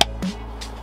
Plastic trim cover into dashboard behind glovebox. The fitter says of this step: vous avez entendu ça bien ça bien c'est bien qu elle a l'air d'être bien en place